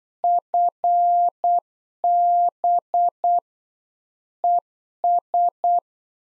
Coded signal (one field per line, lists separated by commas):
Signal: Morse code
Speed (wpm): 8 wpm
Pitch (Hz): 700 Hz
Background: none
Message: FB ES